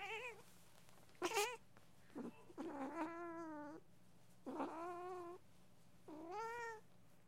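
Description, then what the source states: Cat meowing in a series of strained, whining cries, up to about a second long, with gaps between them. The cat is angry.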